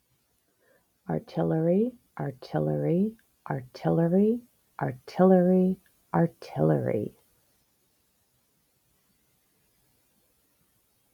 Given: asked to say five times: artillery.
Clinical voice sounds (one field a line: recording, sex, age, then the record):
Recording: repeated word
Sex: female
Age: 50 to 59 years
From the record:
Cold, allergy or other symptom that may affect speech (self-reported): no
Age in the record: 50 years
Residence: United States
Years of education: 14